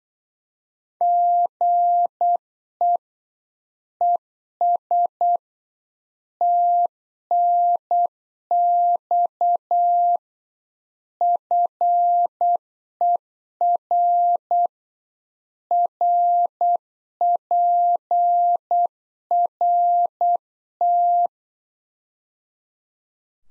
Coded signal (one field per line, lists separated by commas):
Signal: Morse code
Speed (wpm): 8 wpm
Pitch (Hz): 700 Hz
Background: none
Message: GE ES TNX FER RPRT